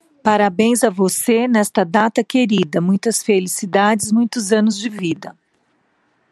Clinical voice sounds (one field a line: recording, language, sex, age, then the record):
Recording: short text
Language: Brazilian Portuguese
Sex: female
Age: 50 to 59 years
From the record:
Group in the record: control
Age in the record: 56 years